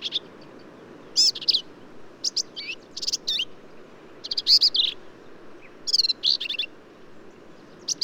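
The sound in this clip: Black-capped vireo song of quick, jumbled high notes, buzzes and twangy slurs in short phrases following one another closely, against low steady hiss.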